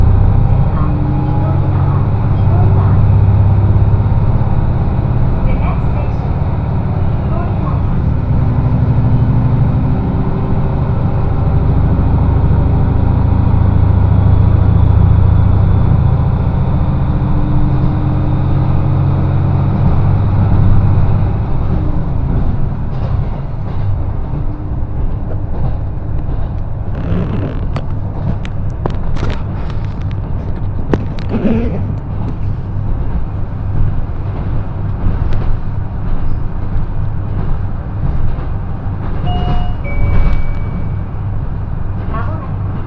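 A train ride on the Echigo Tokimeki Railway, with a heavy, droning rumble and steady motor tones for the first twenty seconds. The rumble then eases, and clattering knocks and sharp clicks take over, thickest around 27 to 33 seconds.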